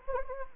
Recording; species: mosquito wingbeat signal from an infrared sensor; Anopheles gambiae